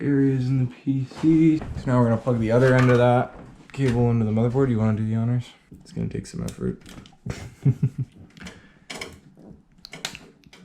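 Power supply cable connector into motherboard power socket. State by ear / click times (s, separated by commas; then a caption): seated / 10.0 s. Someone talks, then the other end of a power supply cable is pushed with some effort into the motherboard power socket, with small scraping and handling sounds. The plastic latch clicks home at 10.1 seconds, and the connector is seated.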